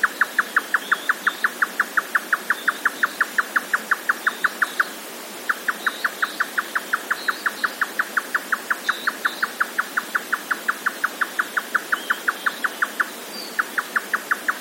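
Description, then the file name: Grey nightjar song, long run of fast knocking notes broken by short pauses around five and thirteen seconds. "yotaka"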